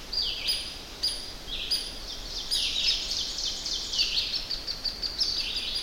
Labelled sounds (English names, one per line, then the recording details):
Ovenbird song
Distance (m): 60 m
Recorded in boreal forest in Alberta, Canada, on 10 June 2016 at 06:58
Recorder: SongMeter 3, array SBT-3-39
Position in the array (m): 196 m, 89 m
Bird 17